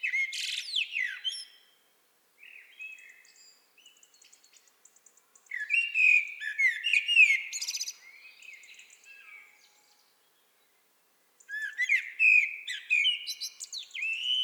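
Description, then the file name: Common blackbird song in several bursts separated by pauses, each mixing fluted whistles with high, scratchy twittering notes. "Turdus merula"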